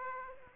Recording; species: mosquito wingbeat signal from an infrared sensor; Aedes aegypti